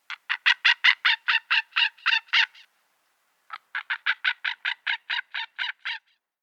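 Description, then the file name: White-tailed eagle calling in two rapid series of yelping notes, about a dozen each, the first louder, separated by a short pause. "Seeadler Rufe"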